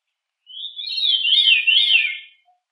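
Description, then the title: Thrush delivering a single melodious phrase of quick, rising and falling warbled notes lasting nearly two seconds, ending with a faint soft note. "Familia Turdidae - Sabia"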